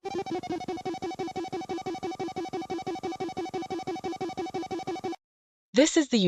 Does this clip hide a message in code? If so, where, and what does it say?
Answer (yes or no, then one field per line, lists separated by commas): no